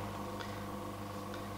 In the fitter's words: 用这个扣子把它扣紧，防止这个加热包掉下来。